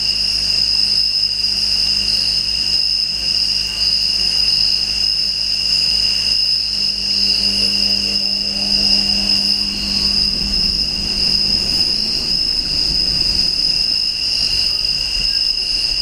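Crickets chirr steadily in high, piercing bands while a low engine-like drone rises and shifts in pitch midway, then fades into rumble.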